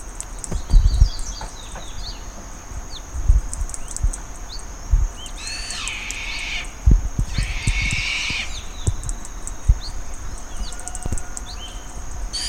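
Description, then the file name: Bird making two rasping, screechy calls midway through, among repeated low thuds and knocks and a steady thin high tone. "SABIOD 50 bird 2015"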